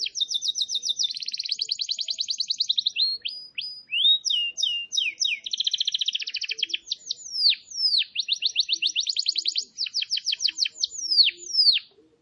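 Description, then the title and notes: Canary song, long fast trills of rapid repeated notes at high pitch, switching between rolling buzzy trills and sweeping downward whistles, nearly continuous. Lure recording (pikat) meant to attract birds. "Pikat Burung Baru. kenari"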